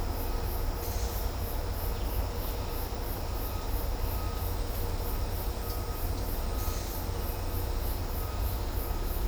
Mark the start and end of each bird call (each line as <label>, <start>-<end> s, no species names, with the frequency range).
bird call (1.0-1.8 kHz), 4.16-4.43 s
bird call (0.9-1.8 kHz), 5.58-6.00 s
bird call (1.0-1.9 kHz), 6.44-6.79 s